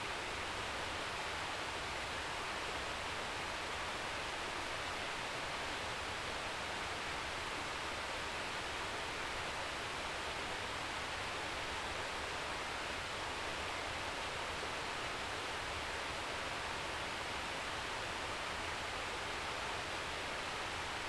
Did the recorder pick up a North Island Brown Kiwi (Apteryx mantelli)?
no